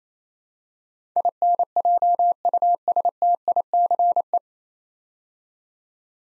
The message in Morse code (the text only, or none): INJUSTICE